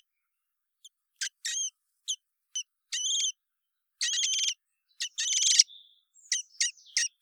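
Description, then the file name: Common blackbird calls, a mix of short sharp ticks and longer harsh, buzzy harmonic notes in irregular bursts, with a brief soft whistle near the end. "Turdus merula"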